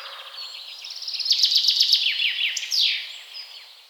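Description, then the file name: Common chaffinch song: a bright descending series of notes that speeds up into a rattling run and ends in a short flourish, with faint background noise. "Fringilla coelebs"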